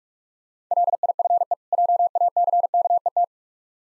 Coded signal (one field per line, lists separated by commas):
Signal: Morse code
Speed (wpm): 45 wpm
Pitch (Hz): 700 Hz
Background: none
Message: LIFE JACKET